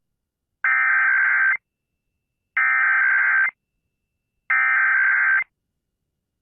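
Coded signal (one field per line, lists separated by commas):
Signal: Emergency Alert System (SAME) tones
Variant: header bursts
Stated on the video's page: Texas Required Monthly Test relayed by an AM broadcast station on 820 kHz, heard via its livestream.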